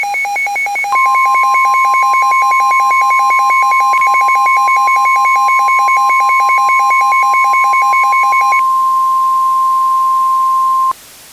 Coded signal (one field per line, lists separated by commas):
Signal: Emergency Alert System (SAME) tones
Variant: 1050 Hz attention tone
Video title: EAS Scenario - When Mother Nature Attacks